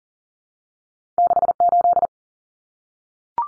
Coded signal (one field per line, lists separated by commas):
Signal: Morse code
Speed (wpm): 40 wpm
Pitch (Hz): 700 Hz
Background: none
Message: 68